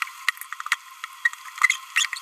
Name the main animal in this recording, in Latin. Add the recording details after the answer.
Forpus passerinus. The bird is a male. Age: 27 days. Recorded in a nest box in Venezuela. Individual 17B31A2